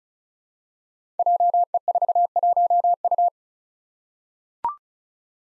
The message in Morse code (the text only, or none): JE41U